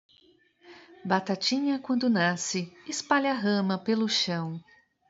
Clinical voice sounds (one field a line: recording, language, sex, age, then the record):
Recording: short text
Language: Brazilian Portuguese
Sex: female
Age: 50 to 59 years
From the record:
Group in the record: control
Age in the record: 52 years